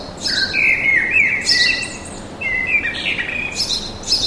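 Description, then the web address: Birds singing lively sliding, warbling phrases with quick high chirps, nearly continuous through the short stretch. Birds singing in a park with an urban atmosphere. "sonido de la atmosfera urbana con pajaros cantando en el parque"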